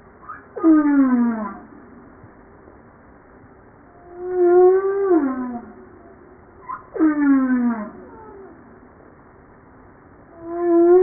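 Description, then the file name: Humpback whale song: long harmonic moans that sweep downward, with brighter upper tones, in several phrases separated by quiet gaps. Recorded 5 March 1994. "Baleine a bosse 940305"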